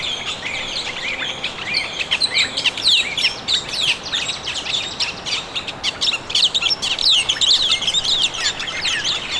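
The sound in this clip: Birds calling, many quick high chirps and sharp slurred notes overlapping continuously throughout, with a soft background rumble.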